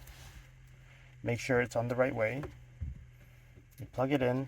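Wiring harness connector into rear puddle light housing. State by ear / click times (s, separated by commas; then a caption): not seated / none. A wiring harness connector is lined up with the back of a replacement rear puddle light LED housing on a Lexus NX, a plastic connector being handled while someone talks. Only the talking and faint handling sounds are heard, and the connector has not clicked or seated yet.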